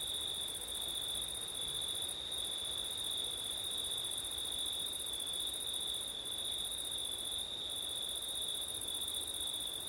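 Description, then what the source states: Crickets singing in a steady, unbroken high trill with a second shimmering band above it, a soft hiss of wind underneath. Crickets on a windy September night; ORTF stereo.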